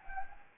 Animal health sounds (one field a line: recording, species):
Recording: mosquito wingbeat signal from an infrared sensor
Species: Anopheles gambiae